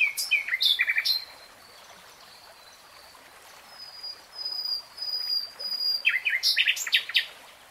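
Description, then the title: Nightingale song in short varied bursts: buzzy clustered notes, quiet pauses, thin high whistles, then a stuttering series of sharp chirps. Nightingale singing in real time. "[Tiếng chim hót] 3 Hours REALTIME Nightingale Singing"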